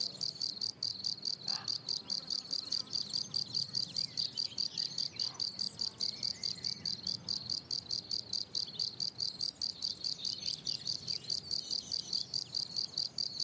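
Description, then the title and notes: Field cricket song, a steady series of shrill chirps about two to three per second, continuing throughout. Lone, fairly isolated individual singing rhythmically on plateau de Lesches en Diois, France, 27 June 2018, 10:00, already 23°C on a very hot day; recorded with Nagra Seven and MKH8040. "Observation sonore - Un grillon champêtre. 27 juin 2018, plateau de Lesches en Diois. grillons champêtres (Gryllus campestris)"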